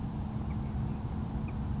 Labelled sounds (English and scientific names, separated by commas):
Bewick's Wren (Thryomanes bewickii)